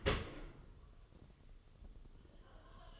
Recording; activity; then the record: daily activity, microphone in the room; open dishwasher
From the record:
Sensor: 4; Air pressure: 1015.9 hPa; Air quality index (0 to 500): 93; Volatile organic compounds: 2 ppm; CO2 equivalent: 1035 ppm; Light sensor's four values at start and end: 9/19/8/7 and 9/19/7/7